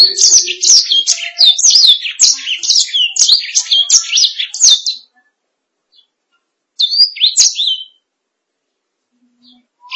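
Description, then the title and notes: Canary delivering a long, fast twittering song of high whistled slurs for five seconds, then silence, a short phrase, and a faint note at the end. "BM Suara Kenari. BM Suara Burung Kenari"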